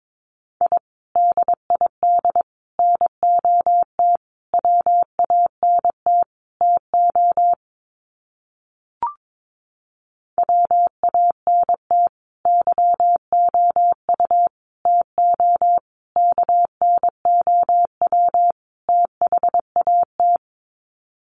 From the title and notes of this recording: Sets of 5 Words Encore 22wpm. First, the words are sent in Morse code. Finally, it is sent again in Morse code.